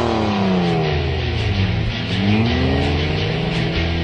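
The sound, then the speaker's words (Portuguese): A car engine revs loudly and continuously, its pitch sweeping up and down in repeated surges as the throttle is opened and eased, with no voices over it. “A velocidade que vicia, o ronco do motor e a sensação de que você está em seu trem particular.”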